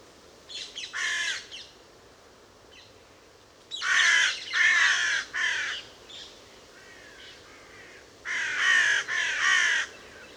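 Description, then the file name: Carrion crow cawing harshly in short bursts, a few early rasps followed by paired, grating caws, with a quieter background caw between them. "Corvus corone"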